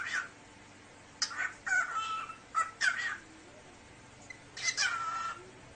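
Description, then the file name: Cockatiel voicing clipped, grating syllables with brief whistled glides, clustered into two busy spells and a final longer phrase. Cockatiel talking. "صدای-عروس-هلندی-حرف-زدن-عروس-هلندی"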